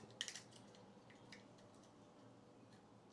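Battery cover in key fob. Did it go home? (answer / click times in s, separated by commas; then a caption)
no / none. A plastic battery cover on a Mini Countryman key fob is handled while being pressed down over the coin cell battery. A sharp tick at about 0.2 s is followed by a few fainter taps and scrapes around 0.3, 0.6 and 1.3 s. The clip ends before the cover goes home, so nothing has seated or clicked yet.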